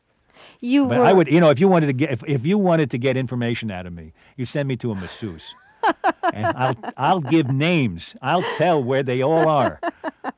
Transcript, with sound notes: I would -- you know, if you wanted to get -- if you wanted to get information out of me, you send me to a masseuse...
(laughs)
... and I'll give names, I'll tell where they all are.